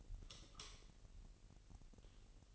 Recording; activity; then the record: daily activity, microphone in the room; light off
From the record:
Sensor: 4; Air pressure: 1002.7 hPa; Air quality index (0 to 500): 250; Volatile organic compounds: 18 ppm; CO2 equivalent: 2637 ppm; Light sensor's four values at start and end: 6/15/6/6 and 6/13/5/5